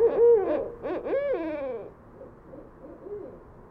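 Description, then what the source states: Barred owl hooting, a loud hoot and then wavering, harmonic-rich calls that rise and fall in the first two seconds, then softer notes over low background noise. West Dyke Marsh, April 20, 2016, shortly before 11:30pm; nearly full moon, mainly clear, 56°F; parabolic microphone, light high-pass filter, edited; traffic, handling and door noises in background.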